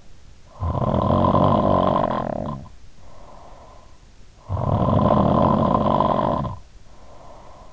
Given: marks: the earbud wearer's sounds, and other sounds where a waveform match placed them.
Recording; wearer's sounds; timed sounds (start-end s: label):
sounds in sleep by an in-ear microphone; snoring breath
0.27-3.81 s: snoring breath
4.12-7.73 s: snoring breath